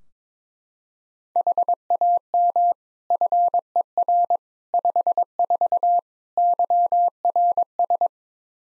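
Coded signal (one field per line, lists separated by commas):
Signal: Morse code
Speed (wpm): 22 wpm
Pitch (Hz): 700 Hz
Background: none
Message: HAM FER 54 YRS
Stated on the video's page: Morse at 22 wpm: practice one-sided QSO drill covering RST, QTH, name, rig, antenna, weather, age, occupation, each segment sent, spoken, then resent.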